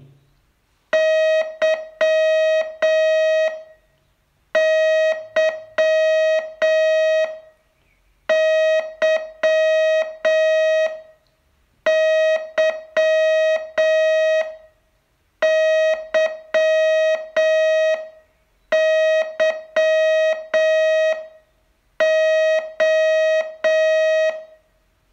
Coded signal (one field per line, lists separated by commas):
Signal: Morse code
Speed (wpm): 7 wpm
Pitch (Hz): 630 Hz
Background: none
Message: Y Y Y Y Y Y O